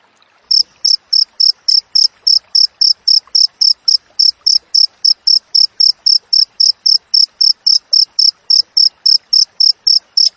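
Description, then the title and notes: Cricket: after a short quiet start, a cricket begins chirping in a rapid, regular run of shrill pulses, about four per second. Clear wild cricket chirping with close spacing between chirps, used as a master recording for training songbirds and to repel rats. "Masteran Jangkrik Alam Jernih, Jeda Rapat Cocok Untuk Masteran Burung Dan Mengusir Tikus. suara jangkrik"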